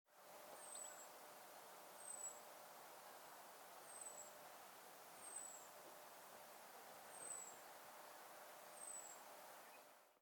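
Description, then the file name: European robin giving six thin, very high, slightly falling tseee calls spaced every second or two, over a steady broad background hiss and rumble. "Erithacus rubecula"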